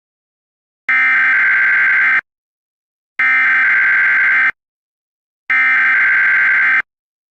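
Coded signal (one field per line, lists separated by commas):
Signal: Emergency Alert System (SAME) tones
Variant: header bursts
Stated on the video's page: Fictional, simulated alert scenario.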